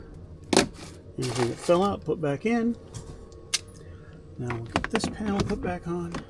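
A plastic interior panel is handled near its retaining clips in the body of a 2025 Honda Ridgeline during an amp and subwoofer install, while someone talks. Sharp handling knocks are heard around 0.6 s and 3.5 s. The clip ends before the panel goes home, so nothing has seated or clicked yet.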